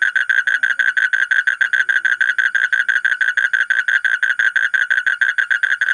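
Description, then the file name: Asian common toad in full trill: rapid, regular croaking pulses at an even pitch, going on nonstop. "suara kodok bangkong kolong kodok buduk"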